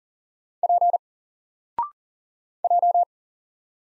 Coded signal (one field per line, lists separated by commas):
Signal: Morse code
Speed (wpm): 40 wpm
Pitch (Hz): 700 Hz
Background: none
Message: P J